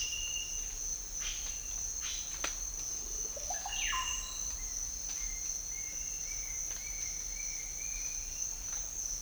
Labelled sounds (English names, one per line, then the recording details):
Cinereous Tinamou
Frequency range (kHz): Cinereous Tinamou 0.3-4.0 kHz
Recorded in dense forest near Puerto Asís, Putumayo, Colombia, on 13 March 2025 at 07:30
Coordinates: 0.500, -76.322
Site GP06